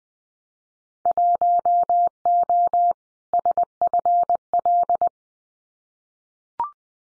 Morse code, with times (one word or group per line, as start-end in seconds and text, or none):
1.1-2.9 1O
3.3-5.1 SFL